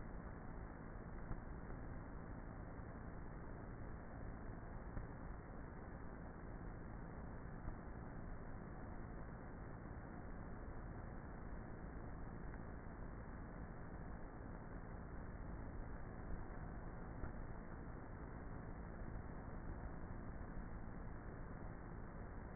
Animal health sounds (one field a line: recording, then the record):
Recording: honeybee colony, microphone inside the hive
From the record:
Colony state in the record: queenless with a low population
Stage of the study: before two queens were removed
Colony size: about 30,000 bees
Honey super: no